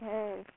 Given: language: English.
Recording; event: throat vibration sensor signal played as sound; speech